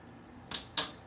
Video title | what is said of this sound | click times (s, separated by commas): T key replacement on the 13" Macbook Pro Early 2009 Core 2 Duo 2.53 Ghz | And you're going to take your finger and you're going to push down on the T key until you hear a couple snaps. | 0.5 s, 0.8 s